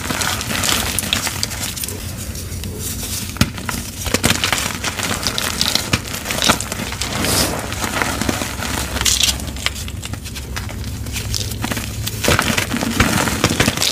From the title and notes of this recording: Baby Oil Gym Chalk Crushing Compilation.